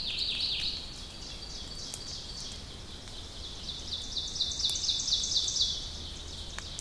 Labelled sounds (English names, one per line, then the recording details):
Ovenbird song
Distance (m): 50 m
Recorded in boreal forest in Alberta, Canada, on 2 June 2016 at 07:18
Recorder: SongMeter 3, array SBT-3-7
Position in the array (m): 99 m, 29 m
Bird 9